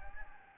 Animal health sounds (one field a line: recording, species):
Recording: mosquito wingbeat signal from an infrared sensor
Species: Anopheles gambiae